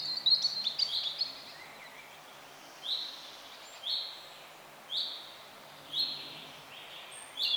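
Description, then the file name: Eurasian wren calls: a brief jumble of sharp high notes at the start, then single short high notes repeated about once a second over faint background hiss. "Troglodytes troglodytes"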